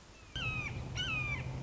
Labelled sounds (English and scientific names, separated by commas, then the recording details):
Red-shouldered Hawk (Buteo lineatus)
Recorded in Sonoma County, California